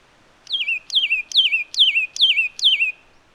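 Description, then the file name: Satin flycatcher calling six falling, slightly warbled whistles in steady quick succession, clear over a quiet background. "Myiagra Cyanoleuca"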